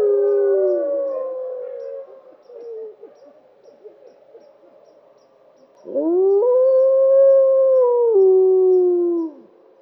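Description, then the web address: Wolf howls: a long, steady howl fading out, a quiet gap with faint sounds, then a second sustained howl that rises, holds level and drops in pitch before ending. "Loup. album abc-de-la-nature"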